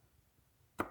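A wire terminal pin is pushed out of a BMW E46 Siemens MS42/MS43 engine ECU harness connector housing by pressing its terminal retention further. After a quiet low hum, a single sharp click at 0.8 s marks the pin popping out, and the pin is released from the housing.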